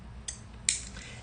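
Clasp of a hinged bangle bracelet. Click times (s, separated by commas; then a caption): 0.7 s. The clasp of a hinged bangle bracelet is pressed down, with a faint tick at 0.3 s. It latches with a sharp, bright click at 0.7 s over a low background hum. The clasp clicks down closed and is securely shut.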